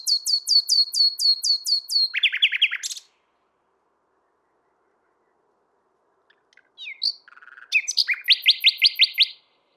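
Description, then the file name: Common nightingale song: a rapid series of ringing repeated notes shifting to a lower buzzy run, a long pause, then a new phrase ending in a fast trill. "Luscinia megarhynchos"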